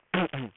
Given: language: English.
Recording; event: throat vibration sensor signal played as sound; throat clearing